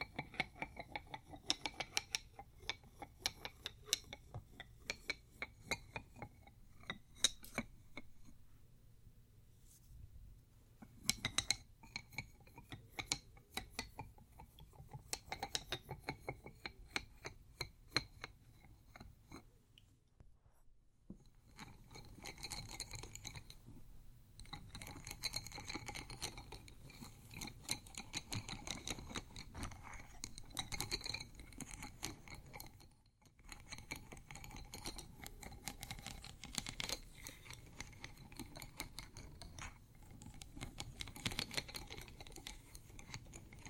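Pencils and studs rattle and clink against ceramic in a dense, irregular stream of small bright ticks and clicks. Bursts come in clusters with brief quieter gaps near 9 and 20 seconds, and a low rumble runs underneath throughout.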